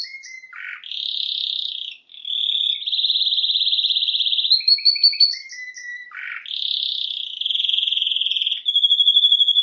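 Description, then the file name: Canary song: harsh low buzzy notes, long rapid rolling trills and brief whistles, then the sequence begins again. "Canary Voice"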